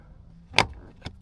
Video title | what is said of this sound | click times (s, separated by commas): Ford F150 WIX Cabin Air Filter Change (How To) | y'all hear that click? | 0.6 s